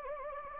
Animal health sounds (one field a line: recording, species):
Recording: mosquito wingbeat signal from an infrared sensor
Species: Anopheles gambiae